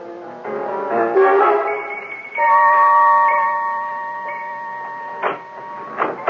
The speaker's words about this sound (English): Eh bien, chérie, wait here till I turn off the alarm.